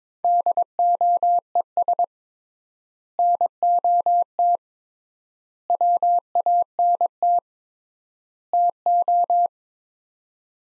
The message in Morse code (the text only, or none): DOES NOT WANT TO